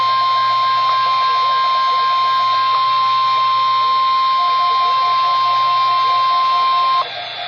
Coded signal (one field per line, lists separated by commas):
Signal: Emergency Alert System (SAME) tones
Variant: 1050 Hz attention tone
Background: speech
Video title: EAS Alert #62 - Severe Thunderstorm Watch #2 6/6/11